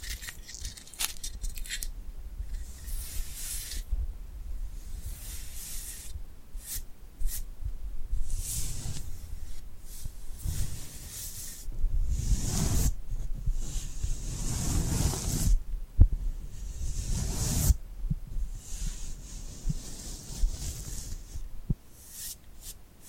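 Glued hands make sticky, peeling skin sounds, a run of crackly taps and pulls arriving irregularly every second or so. Some peels are sharp and bright, others soft and dull, with a few louder rubbing bursts around the middle and fainter ones toward the end.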